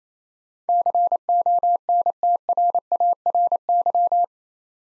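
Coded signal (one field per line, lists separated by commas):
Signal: Morse code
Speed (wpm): 28 wpm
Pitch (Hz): 700 Hz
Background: none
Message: CONTRARY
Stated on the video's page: Morse head-copy practice of eight-letter words at 28 wpm; each word sent, spoken, then sent again.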